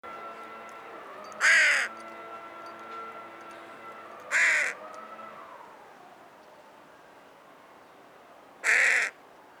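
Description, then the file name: Carrion crow giving harsh, rasping caws, three spaced calls a few seconds apart over a quiet background with a faint steady tone. "Corvus corone"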